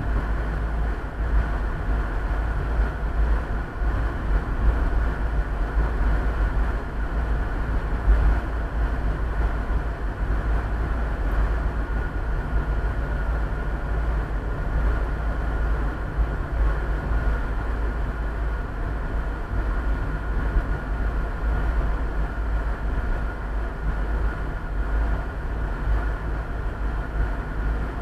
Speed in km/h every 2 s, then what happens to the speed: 42, 42, 43, 42, 44, 43, 43, 43, 42, 42, 41, 41, 42, 41.
0-28 steady at about 42.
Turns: none.